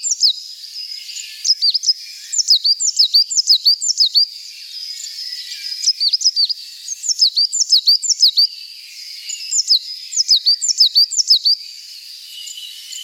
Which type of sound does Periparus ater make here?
song